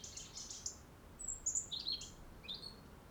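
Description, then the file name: European robin pouring out thin, very high whistles and short squeaky slurs in quick succession, with a soft rushing background. "Erithacus rubecula"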